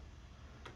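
A click-type torque wrench set to 16 tightens a handlebar riser bolt while installing Helibars handlebar risers on a 2022 Pan America Special. A single sharp click is heard at 0.7 s as the wrench breaks over, confirming the bolt has reached 16.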